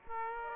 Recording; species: mosquito wingbeat signal from an infrared sensor; Aedes aegypti